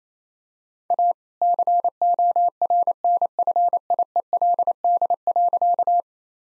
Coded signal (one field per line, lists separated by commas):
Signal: Morse code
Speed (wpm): 27 wpm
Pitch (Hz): 700 Hz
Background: none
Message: A CORNFIELD.